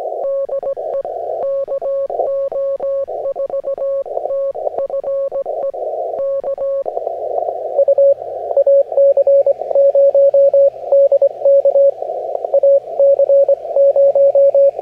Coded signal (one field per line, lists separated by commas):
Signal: Morse code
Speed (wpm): 18 wpm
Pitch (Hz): 550 Hz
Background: radio noise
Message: DE KO4TFE K U AC0 DK AC0